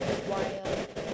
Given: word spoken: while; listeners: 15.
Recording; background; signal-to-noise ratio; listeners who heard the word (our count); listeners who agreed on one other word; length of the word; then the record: one English word in noise, from a listening test; noise modulated by three-talker babble; -4.4 dB; 3 of 15; 6 of 15; 0.74 s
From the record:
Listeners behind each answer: 6, 6, 3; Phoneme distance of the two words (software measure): 7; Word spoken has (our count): 1 syllable, 3 phonemes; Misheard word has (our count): 1 syllable, 4 phonemes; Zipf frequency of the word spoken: 5.45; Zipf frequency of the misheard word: 4.96